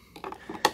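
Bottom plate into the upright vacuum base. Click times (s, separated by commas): 0.6 s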